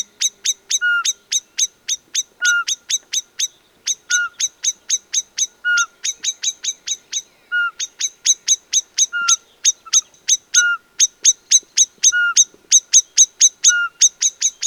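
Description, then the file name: Common blackbird calling: rapid, metallic chinks in long series, interrupted by brief gaps, and a short clear whistle recurring every second or two. "Turdus merula"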